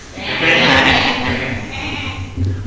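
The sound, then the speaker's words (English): A lamb lets out one long, quavering bleat that wavers in pitch and stays fairly loud, fading slightly toward the end with a brief bump of sound at the close. “And the cow went, and the donkey brayed, and the dove called, the lamb cried.”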